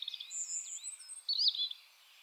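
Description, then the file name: European robin song: a short, very high, silvery warble with sliding whistles, ending in a brighter tumbling flourish. "Erithacus rubecula"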